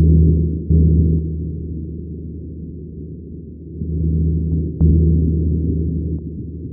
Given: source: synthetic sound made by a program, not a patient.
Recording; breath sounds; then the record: synthetic breath sounds; pleural rub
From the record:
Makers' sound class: crackles